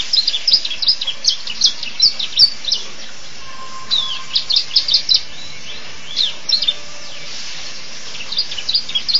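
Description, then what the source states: Canary song, a busy jumble of high twittering notes and short trills, coming in bursts with brief pauses between. Champion canary.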